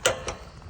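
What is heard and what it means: A click-type torque wrench set to 75 ft-lb tightens a bolt on an RV weight distribution hitch, meant to help fix rear sag. The wrench gives a sharp click at 0.1 s, meaning the bolt has reached torque, followed by a quieter sharp hit at about 0.3 s.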